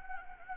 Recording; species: mosquito wingbeat signal from an infrared sensor; Anopheles gambiae